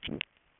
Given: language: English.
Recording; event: throat vibration sensor signal played as sound; swallow